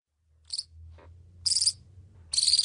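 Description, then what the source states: Grey-headed flying fox pups giving contact calls: three shrill, squeaky bursts about a second apart. A couple of pups calling their mother, roughly 6 weeks to 2 months old; contact calls.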